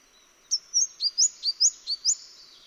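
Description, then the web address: Mistletoebird calling, a quick series of about eight thin, high, sharply upslurred notes, evenly spaced, above a faint steady high tone. "Mistletoebird. صدای پرنده مرغ دارواش"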